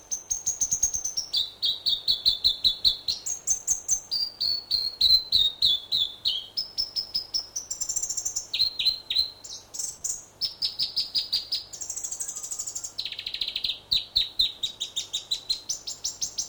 North Island robin/toutouwai song.